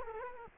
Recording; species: mosquito wingbeat signal from an infrared sensor; Culex quinquefasciatus